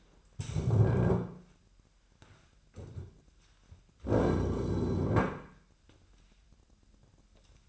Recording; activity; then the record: daily activity, microphone in the room; stand up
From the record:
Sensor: 2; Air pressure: 998.4 hPa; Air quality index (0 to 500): 130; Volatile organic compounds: 3 ppm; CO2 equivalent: 1465 ppm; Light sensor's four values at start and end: 8/19/8/8 and 6/13/6/6